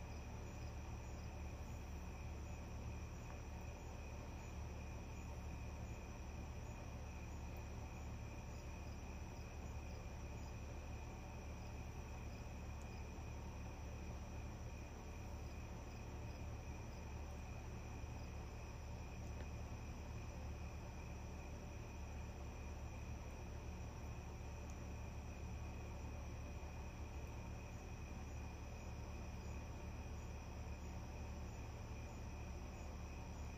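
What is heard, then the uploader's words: A steady wash of running water fills the low and middle range without a break, dense and unchanging for the whole stretch. Above it, crickets hold a constant high trill, with a faint quick ticking chirp near the top throughout. Still Summer Night With Watery Stream and Calm Crickets.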